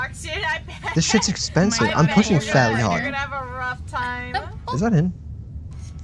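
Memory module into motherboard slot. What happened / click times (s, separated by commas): The module did not click into its slot / none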